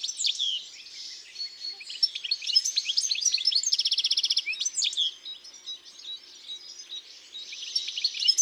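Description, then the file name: European goldfinch song, quick tinkling twitters broken by a dry buzzing rattle midway, then more bright chattering notes. Singing in the countryside. "Chardonneret elegant Chants doiseaux dans la campagne"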